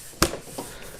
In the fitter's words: and just push it in, hear the clicks, make